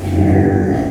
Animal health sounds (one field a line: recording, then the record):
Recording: squeal of a Yucatan mini pig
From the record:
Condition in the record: before surgery on the right vocal fold (resection and tissue-engineered implant)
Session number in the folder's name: 3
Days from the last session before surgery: 0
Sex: female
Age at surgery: 19 weeks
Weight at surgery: 25 kg